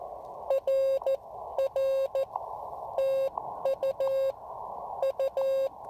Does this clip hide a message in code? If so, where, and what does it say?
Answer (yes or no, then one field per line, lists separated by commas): yes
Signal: Morse code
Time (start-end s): 0.5-5.7 s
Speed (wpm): 15 wpm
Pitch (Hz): 530 Hz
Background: none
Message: RR TU U